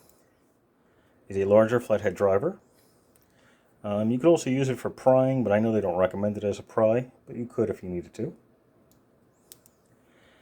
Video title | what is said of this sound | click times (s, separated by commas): Introducing the NEW ROCKTOL GEN-R 27 in 1 Multi-tool | and of course you'll just hear it click I just locked it finally | 9.5 s